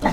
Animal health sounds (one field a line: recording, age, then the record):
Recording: pig call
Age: piglet (1 to 25 days)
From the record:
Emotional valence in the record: positive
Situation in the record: reunion after long isolation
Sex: male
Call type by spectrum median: low-frequency call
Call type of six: low-frequency tonal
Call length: 0.13 s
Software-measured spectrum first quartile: 244 Hz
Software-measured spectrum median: 616 Hz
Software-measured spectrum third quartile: 1061 Hz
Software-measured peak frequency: 869 Hz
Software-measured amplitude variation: 146 dB a second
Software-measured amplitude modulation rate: 3.7 a second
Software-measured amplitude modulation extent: 39.1 dB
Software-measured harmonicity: 0.2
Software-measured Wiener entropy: -0.96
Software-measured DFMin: 826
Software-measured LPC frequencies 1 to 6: 836, 1938, 3614, 4147, 5186, 5918 Hz